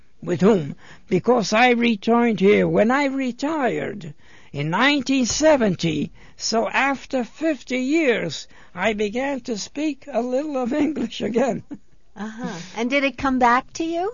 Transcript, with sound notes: with whom, because I returned here when I retired in 1970, so after fifty years I began to speak a little of English again. ( he laughs )
Uh-huh. And did it come back to you?